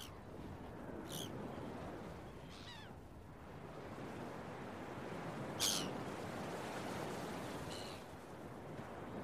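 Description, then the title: Gull calls, four scattered short cries, some with falling mewing tails, over a constant hiss of waves on the shore. Early morning at the beach, with waves. "Early Morning Seagulls and Beach Waves"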